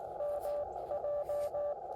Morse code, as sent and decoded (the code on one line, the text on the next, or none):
-- .---
MJ